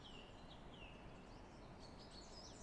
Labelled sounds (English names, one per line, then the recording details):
Song Thrush
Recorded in Germany
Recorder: ecoPi